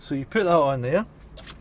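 Someone talks while a strap hook, with as few twists in the strap as possible, is handled onto its attachment point on a car fitting, followed by faint handling noise near the end. Nothing has seated or clicked yet.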